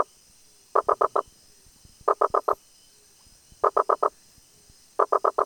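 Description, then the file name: Rosenberg's gladiator frog: rapid runs of four wooden, knocking notes, each run separated by pauses of about a second. "Boana rosenbergi"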